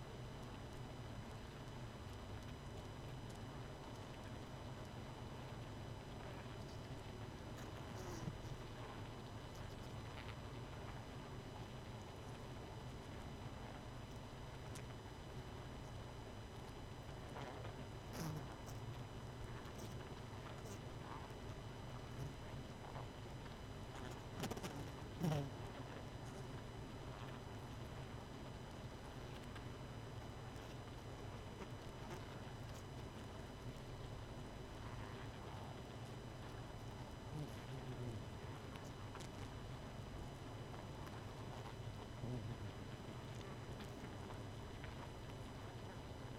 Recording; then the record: honeybee colony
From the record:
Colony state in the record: missing queen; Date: 31 May 2018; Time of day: 22:22